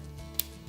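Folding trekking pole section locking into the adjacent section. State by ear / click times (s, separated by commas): seated / 0.4 s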